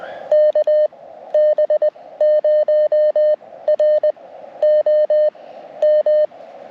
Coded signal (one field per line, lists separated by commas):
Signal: Morse code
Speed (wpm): 20 wpm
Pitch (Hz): 610 Hz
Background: none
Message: KB0R OM